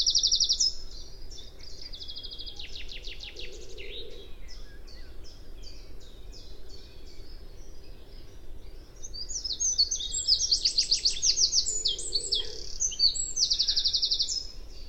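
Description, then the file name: Eurasian wren singing loud, rapid high trills and chattering runs of notes, with a short pause around nine seconds before another energetic burst, over a low steady hum. "Troglodytes troglodytes"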